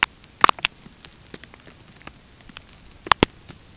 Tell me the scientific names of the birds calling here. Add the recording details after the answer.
none. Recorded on Arctic tundra, site UTQI-5, on 13 June 2019. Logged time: 06:00